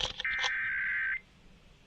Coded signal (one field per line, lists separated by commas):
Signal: Emergency Alert System (SAME) tones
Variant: header bursts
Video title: ON THIS EPISODE OF "MORE FAILS TO EXPERIENCE"... EAS Tests from February 2025 (EAS #5,506 - 5,560)